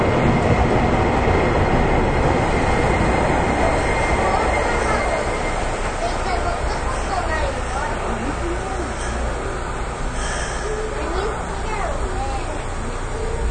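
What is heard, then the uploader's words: A local train on the Nippou line rumbles steadily the whole way through, with a dense low roar and a constant hiss above it. Faint voices surface in the middle and later part, and a brief brighter rush comes around ten seconds. JR九州 813系 中津から西小倉まで. 813系電車の走行音. 日豊線の普通列車で収録しました。 ワンマン運行です。 It was recorded with Nippou line's local train.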